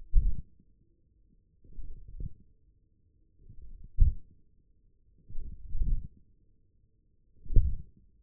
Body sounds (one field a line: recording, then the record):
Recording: forearm muscle sounds (acoustic myography)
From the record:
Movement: hand closing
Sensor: system 1, eight BSWA MPA416 microphones around the upper forearm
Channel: 3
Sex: male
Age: 28 years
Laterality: right